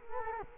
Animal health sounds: mosquito wingbeat signal from an infrared sensor; Culex quinquefasciatus

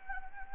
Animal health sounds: mosquito wingbeat signal from an infrared sensor; Anopheles gambiae

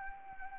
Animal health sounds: mosquito wingbeat signal from an infrared sensor; Anopheles arabiensis

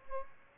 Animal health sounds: mosquito wingbeat signal from an infrared sensor; Aedes albopictus

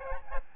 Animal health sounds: mosquito wingbeat signal from an infrared sensor; Aedes albopictus

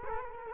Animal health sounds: mosquito wingbeat signal from an infrared sensor; Culex quinquefasciatus

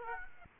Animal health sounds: mosquito wingbeat signal from an infrared sensor; Aedes aegypti

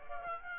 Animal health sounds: mosquito wingbeat signal from an infrared sensor; Aedes aegypti

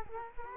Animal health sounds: mosquito wingbeat signal from an infrared sensor; Culex quinquefasciatus

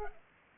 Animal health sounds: mosquito wingbeat signal from an infrared sensor; Culex pipiens

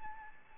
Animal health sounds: mosquito wingbeat signal from an infrared sensor; Aedes albopictus

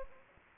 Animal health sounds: mosquito wingbeat signal from an infrared sensor; Anopheles gambiae

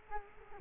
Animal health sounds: mosquito wingbeat signal from an infrared sensor; Culex quinquefasciatus

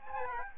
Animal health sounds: mosquito wingbeat signal from an infrared sensor; Aedes albopictus

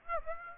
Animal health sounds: mosquito wingbeat signal from an infrared sensor; Aedes aegypti

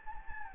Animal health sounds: mosquito wingbeat signal from an infrared sensor; Anopheles gambiae

